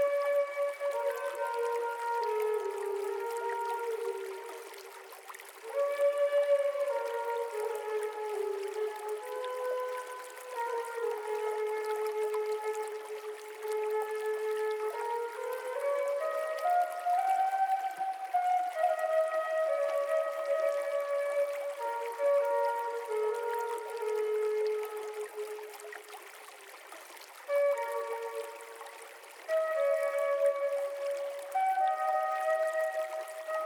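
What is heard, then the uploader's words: A flute plays a slow, flowing melody of long held notes in a middle register, drifting down early on, climbing to a higher peak near the midpoint, then settling back. A soft, steady watery hiss runs faintly underneath, with brief pauses around 5 and 27 seconds. Flutes Over a Gentle Running Stream.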